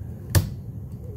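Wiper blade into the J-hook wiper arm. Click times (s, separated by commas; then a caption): 0.3 s. A new plastic wiper blade adapter on a 2010 Honda Accord is pulled firmly up onto the metal J-hook wiper arm. It gives one sharp click at 0.4 s as it latches, showing the blade is seated on the arm.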